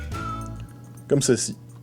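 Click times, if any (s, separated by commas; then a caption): none. A plastic dose lever on a disc-type dry powder inhaler, held in one hand, is being pushed down with the other hand, meant to go until it clicks so the dose is released and the device is ready. Someone talks over background music with a faint handling sound. The clip ends before the lever goes home, so nothing has clicked or seated yet.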